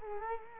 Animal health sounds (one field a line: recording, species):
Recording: mosquito wingbeat signal from an infrared sensor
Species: Culex quinquefasciatus